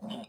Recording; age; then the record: pig call; piglet (1 to 25 days)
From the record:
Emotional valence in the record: negative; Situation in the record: long isolation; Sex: male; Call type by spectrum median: low-frequency call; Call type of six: mixed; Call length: 0.29 s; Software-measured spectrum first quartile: 226 Hz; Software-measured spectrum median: 547 Hz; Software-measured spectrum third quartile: 1587 Hz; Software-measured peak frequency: 221 Hz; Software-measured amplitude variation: 178 dB a second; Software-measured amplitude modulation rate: 19.1 a second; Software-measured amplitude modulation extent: 9.3 dB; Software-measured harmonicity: 4.8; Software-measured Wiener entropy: -1.78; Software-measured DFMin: 754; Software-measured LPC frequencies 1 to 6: 635, 3027, 3648, 4998, 6212, 7529 Hz